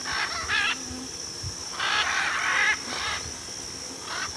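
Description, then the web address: Military macaw calls: several grating, hoarse squawks, some overlapping and stretched out, with a few softer calls between and a constant high-pitched hiss. Recorded in Ecuador. "Birds of Ecuador. Military Macaw"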